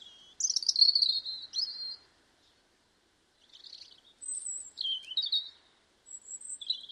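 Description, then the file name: European robin song: thin, high warbled phrases that glide and flicker, given in short bursts separated by brief pauses, with a quiet background. "Robin Erithacus rubecula"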